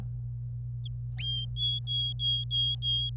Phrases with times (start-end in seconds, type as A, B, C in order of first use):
1.56-3.10 A